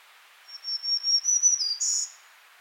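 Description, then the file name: Black-throated green warbler, a high buzzy song: several even, thin notes in a row, a slight drop, then a final rougher, higher buzz, with soft hiss behind. "Setophaga virens - Black-throated Green Warbler"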